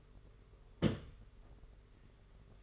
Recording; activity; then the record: daily activity, microphone in the room; place on stove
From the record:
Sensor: 4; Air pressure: 991.9 hPa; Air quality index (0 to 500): 86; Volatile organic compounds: 7 ppm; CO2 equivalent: 1951 ppm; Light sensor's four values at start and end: 22/75/27/29 and 22/75/27/29